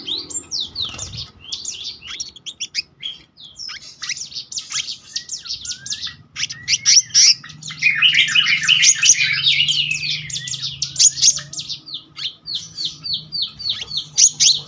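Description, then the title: Selendang biru songbird singing a fast, dense run of high chirps, trills and short whistled slurs, swelling into a louder rolling burst midway, with faint low hum beneath. Singing in the continuous rolling style called gacor ngeroll, with isian (fill-in phrases). "BURUNG SELENDANG BIRU GACOR NGEROLL ISIAN"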